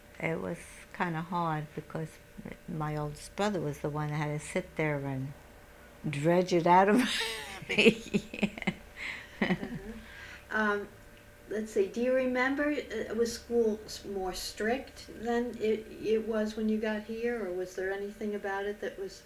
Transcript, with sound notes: it was kind of hard because my oldest brother was the one that had to sit there and dredge it out of me. ( she laughs )
Let's see. Do you remember, was school more strict than it was when you got here, or was there anything about it that was